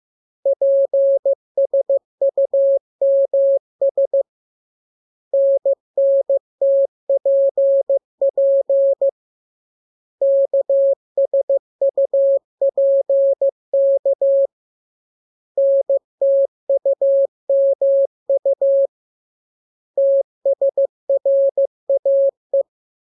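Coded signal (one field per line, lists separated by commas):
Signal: Morse code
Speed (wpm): 15 wpm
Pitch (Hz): 550 Hz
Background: none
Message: PSUMS NNTPP KSUPK NTUMU TSRAE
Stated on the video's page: Morse lesson drill for letters KMURESNAPT, opened with VVV and a section sign, closed with AR.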